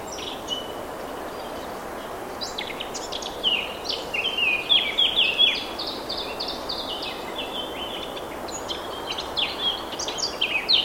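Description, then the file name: Eurasian blackcap song, a run of quick varied warbling notes and short whistles, louder in the middle, over steady background hiss. "Sylvia atricapilla"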